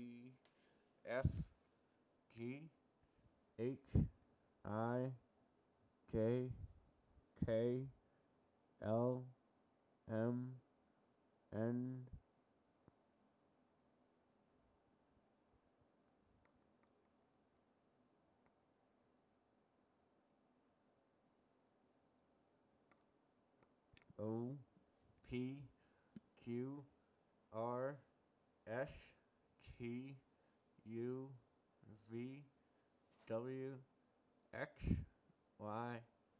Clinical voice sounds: letters of the alphabet, spoken; constrained by a bite bar between the teeth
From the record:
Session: first day, right after the free take

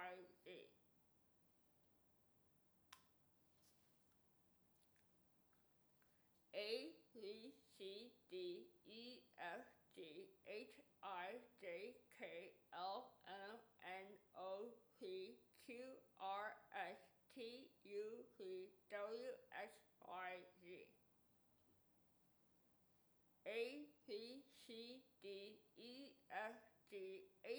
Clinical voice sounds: letters of the alphabet, spoken; constrained by a bite bar between the teeth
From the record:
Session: first day, right after the free take

